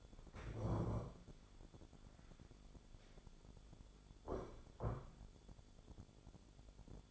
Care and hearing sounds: daily activity, microphone in the room; stand up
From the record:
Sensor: 5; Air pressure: 1015.4 hPa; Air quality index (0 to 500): 189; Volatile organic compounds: 8 ppm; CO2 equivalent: 2058 ppm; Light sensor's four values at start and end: 35/80/32/31 and 35/80/32/31

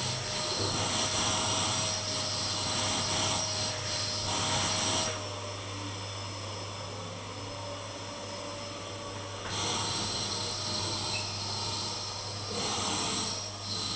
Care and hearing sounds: daily activity, microphone in the room; vacuum cleaning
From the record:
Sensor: 4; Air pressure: 991.8 hPa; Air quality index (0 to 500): 113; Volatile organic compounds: 20 ppm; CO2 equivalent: 2690 ppm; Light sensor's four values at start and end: 18/61/22/23 and 18/62/23/23

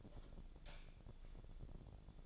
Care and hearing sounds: daily activity, microphone in the room; light off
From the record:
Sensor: 5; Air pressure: 1000.2 hPa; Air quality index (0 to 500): 105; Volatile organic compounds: 1 ppm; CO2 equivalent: 849 ppm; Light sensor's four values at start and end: 205/488/209/230 and 205/487/209/230

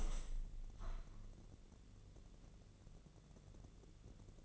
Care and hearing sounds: daily activity, microphone in the room; open window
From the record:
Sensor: 4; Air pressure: 1013.2 hPa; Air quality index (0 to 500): 172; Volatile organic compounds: 2 ppm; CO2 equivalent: 1082 ppm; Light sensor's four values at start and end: 61/151/62/63 and 57/140/58/59

